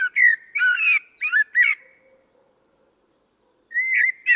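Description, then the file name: Common blackbird song: mellow, fluting warbled notes with squeaky overtones, a quiet gap, then the start of another whistled phrase. "Turdus merula"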